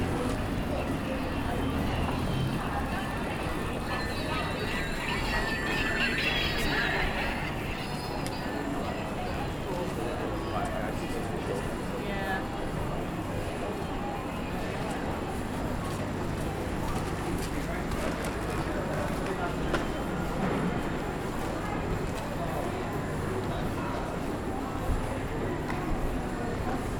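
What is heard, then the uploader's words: A crowded high-street market, with many voices overlapping into a steady, dense murmur that never lets up. Speech rises above the crowd at times, and a few brighter clinks and knocks appear, with a sharp tap near the end and a low traffic rumble underneath. Captured throughout a market in a high street. The market is packed with people. Many stalls fill the air with the smell of freshly cooked food. The street is decorated with Christmas lights.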